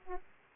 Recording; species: mosquito wingbeat signal from an infrared sensor; Aedes aegypti